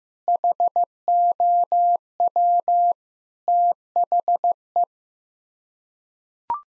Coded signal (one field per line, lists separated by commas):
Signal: Morse code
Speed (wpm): 15 wpm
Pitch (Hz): 700 Hz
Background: none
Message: HOW THE